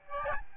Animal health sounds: mosquito wingbeat signal from an infrared sensor; Aedes albopictus

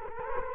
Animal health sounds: mosquito wingbeat signal from an infrared sensor; Culex quinquefasciatus

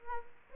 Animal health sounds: mosquito wingbeat signal from an infrared sensor; Aedes aegypti

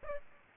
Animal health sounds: mosquito wingbeat signal from an infrared sensor; Aedes aegypti

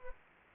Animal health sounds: mosquito wingbeat signal from an infrared sensor; Anopheles gambiae

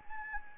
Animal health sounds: mosquito wingbeat signal from an infrared sensor; Anopheles arabiensis

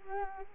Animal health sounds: mosquito wingbeat signal from an infrared sensor; Culex quinquefasciatus

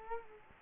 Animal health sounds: mosquito wingbeat signal from an infrared sensor; Culex quinquefasciatus

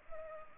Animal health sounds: mosquito wingbeat signal from an infrared sensor; Culex pipiens

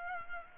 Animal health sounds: mosquito wingbeat signal from an infrared sensor; Culex pipiens

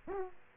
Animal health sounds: mosquito wingbeat signal from an infrared sensor; Aedes aegypti

